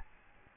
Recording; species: mosquito wingbeat signal from an infrared sensor; Aedes albopictus